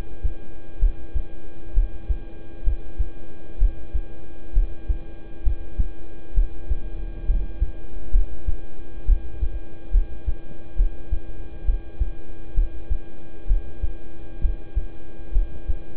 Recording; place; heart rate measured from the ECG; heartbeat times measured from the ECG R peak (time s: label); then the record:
heart sounds by stethoscope; between the tricuspid and mitral areas; 66 bpm
0.79 s: heartbeat
1.74 s: heartbeat
2.64 s: heartbeat
3.58 s: heartbeat
4.53 s: heartbeat
5.43 s: heartbeat
6.34 s: heartbeat
7.26 s: heartbeat
8.11 s: heartbeat
9.05 s: heartbeat
9.91 s: heartbeat
10.76 s: heartbeat
11.65 s: heartbeat
12.54 s: heartbeat
13.47 s: heartbeat
14.41 s: heartbeat
15.32 s: heartbeat
From the record:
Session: rest, lying down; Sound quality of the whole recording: good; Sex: male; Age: 26 years